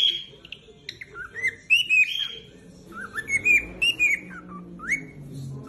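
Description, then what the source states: Cockatiel whistling: wavering, sliding whistles over a busy, rumbling background with other indistinct sounds. Several cockatiels singing and whistling.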